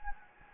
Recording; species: mosquito wingbeat signal from an infrared sensor; Anopheles gambiae